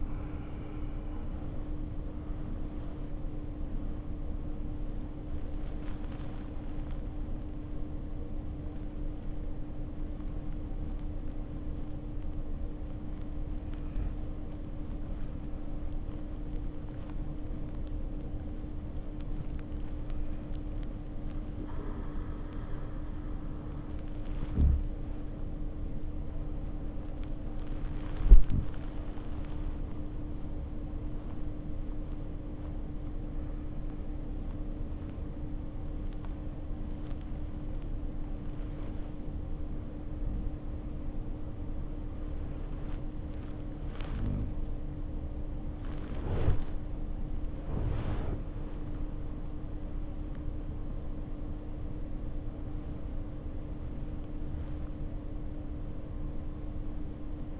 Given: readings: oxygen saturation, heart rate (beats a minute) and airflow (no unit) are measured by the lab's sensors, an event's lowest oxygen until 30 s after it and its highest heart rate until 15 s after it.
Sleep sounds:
breathing in sleep by a smartphone at the bedside; 1
5.00-57.60 s: new sleep stage, N1 (lightest sleep)
33.00-43.90 s: obstructive apnea (N1, oxygen 95% highest, then 93% lowest, heart rate 65 at the start, 65 highest)
From the record:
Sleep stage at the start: REM sleep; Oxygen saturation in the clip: 66 to 97%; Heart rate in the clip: 50 to 87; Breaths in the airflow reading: 10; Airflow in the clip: -4.0 to 2.6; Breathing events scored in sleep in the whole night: 520 in 7.2 hours asleep

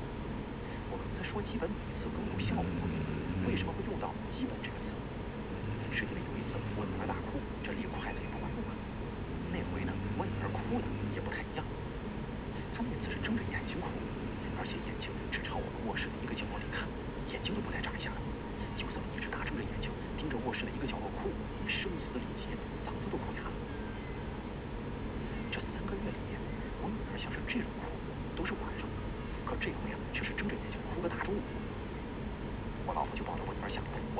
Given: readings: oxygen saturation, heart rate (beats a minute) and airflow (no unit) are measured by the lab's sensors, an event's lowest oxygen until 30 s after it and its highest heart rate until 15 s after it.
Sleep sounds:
breathing in sleep by a voice recorder at the bedside; none
none scored
From the record:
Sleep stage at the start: N2 (light sleep); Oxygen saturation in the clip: 93 to 94%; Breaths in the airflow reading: 10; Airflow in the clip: -1.8 to 3.2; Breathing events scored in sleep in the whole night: 335 in 6.7 hours asleep

